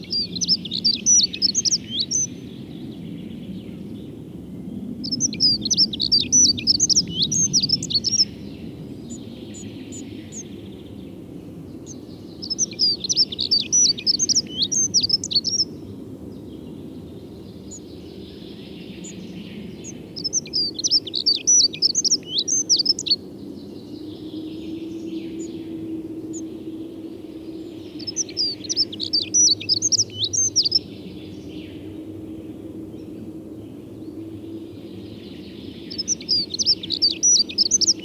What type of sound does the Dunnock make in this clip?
song